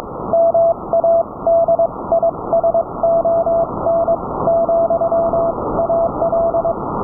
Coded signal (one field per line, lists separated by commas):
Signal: Morse code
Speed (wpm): 22 wpm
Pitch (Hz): 670 Hz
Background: none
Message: MADISON, AL